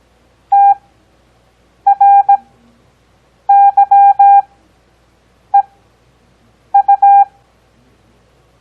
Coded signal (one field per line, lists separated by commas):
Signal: Morse code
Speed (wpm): 17 wpm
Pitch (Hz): 800 Hz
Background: none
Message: TRYEU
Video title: Copy Morse Code 4th Grade